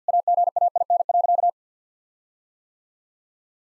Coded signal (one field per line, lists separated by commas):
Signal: Morse code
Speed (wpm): 50 wpm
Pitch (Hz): 700 Hz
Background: none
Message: AGAIN.